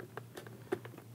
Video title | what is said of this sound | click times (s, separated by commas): Step-by-step Installation Sena 30K Bluetooth Headset in Icon Airflite Helmet | make sure that we can set our headset down in have that clicking noise so we know that locks into place and | 0.2 s